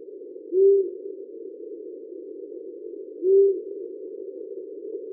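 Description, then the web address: Owl calling with brief low hoots, a pair of single notes spaced roughly two and a half seconds apart, backed by constant narrow-band hiss. "eulen geheimnisvolle geschoepfe der nacht"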